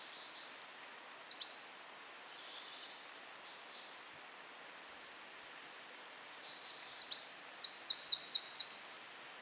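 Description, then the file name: Eurasian wren song: a brief burst of fast high notes, a quiet gap with faint chips, then a fuller energetic song of trills and shrill repeated notes. "Troglodytes troglodytes"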